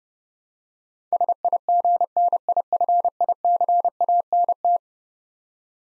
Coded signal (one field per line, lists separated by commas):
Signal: Morse code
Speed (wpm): 30 wpm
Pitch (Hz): 700 Hz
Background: none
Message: SIGNIFICANT